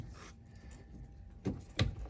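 A push-to-connect cap is pushed onto a 1/2 inch copper water pipe stub at a shower valve. A first short knock comes near 1.5 s, then a sharp click at 1.8 s as the cap goes down a little further. The cap is seated on the pipe.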